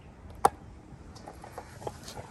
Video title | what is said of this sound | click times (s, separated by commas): Chrysler Pacifica OIL CHANGE 2017 - #oilchange #ChryslerPacifica | before you put the new one on and this you can actually hear it click in place | 0.5 s